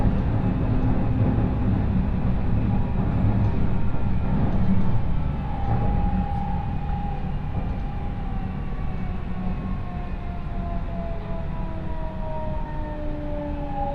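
A train ride on the Chūō West Line, Ena to Kōzōji: a steady, dense low rumble of the carriage rolling along the rails throughout. Thin whining tones glide slowly downward from about six seconds on, over constant mid-level rattling.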